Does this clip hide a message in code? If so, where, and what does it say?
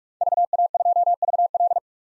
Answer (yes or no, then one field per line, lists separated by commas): yes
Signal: Morse code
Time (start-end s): 0.2-1.8 s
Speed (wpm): 46 wpm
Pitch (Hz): 700 Hz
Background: none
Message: VA2VL